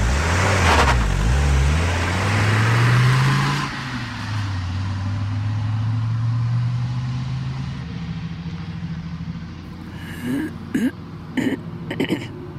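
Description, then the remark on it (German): A car engine revs and rises in pitch as it pulls off, then settles into a steady lower drone that slowly fades, with a few short throat-clearing or vocal sounds near the end. “Dass ich sie habe fahren lassen.”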